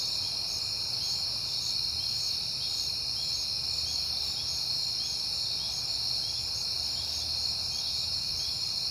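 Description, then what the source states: Crickets trill steadily while pulsed chirps on two pitches repeat rapidly over the continuous high drone. At night in September on a peaceful night.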